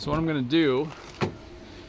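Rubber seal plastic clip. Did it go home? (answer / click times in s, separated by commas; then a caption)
released / 1.2 s. Someone talks as the rubber weather stripping at the back of an Acura MDX SUV door is pulled out of its retaining channel in the door frame, so that Plasti Dip can reach the door edge. A small, sharp click sounds at 1.2 s as the stripping pops out and releases.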